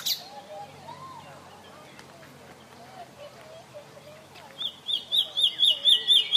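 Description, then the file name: Common nightingale song, quiet soft low whistles at first, then a series of loud, evenly repeated high notes. "Luscinia megarhynchos"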